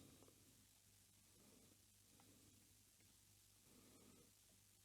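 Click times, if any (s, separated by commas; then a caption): none. A white wire connector is handled and lined up with its PCB header over a steady low hum with soft rustling and faint handling noise. No distinct click is heard, and nothing has seated or clicked yet.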